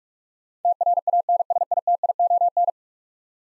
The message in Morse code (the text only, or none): TRANSITION